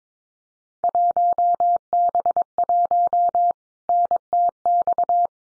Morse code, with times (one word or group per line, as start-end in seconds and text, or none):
0.8-3.5 1B1
3.9-5.3 NTX